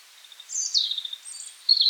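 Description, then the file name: European robin song: high, silvery notes sliding down in a fluid warble, then a brief pause and a bright trilled flourish. "rotkehlchen"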